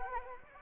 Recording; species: mosquito wingbeat signal from an infrared sensor; Anopheles arabiensis